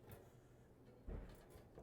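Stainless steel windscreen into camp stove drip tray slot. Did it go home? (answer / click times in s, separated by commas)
no / none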